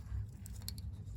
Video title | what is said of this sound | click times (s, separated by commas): Check or replace these O-rings and seals plus check bearings | Right. Just make sure it clicks on. | 0.7 s